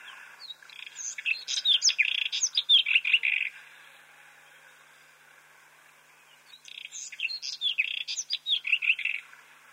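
White-throated robin song: two rapid, varied phrases of scratchy chirps and clear whistles, each about three seconds long, separated by a quiet pause.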